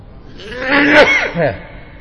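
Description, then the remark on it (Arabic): A single voiced sneeze during a lecture on Islamic creed: a rising breathy build-up breaks into a sharp, hissy burst, followed by a short, wavering, lower-pitched vocal tail that dies away quickly. “الحمد لله، يرحمكم الله.”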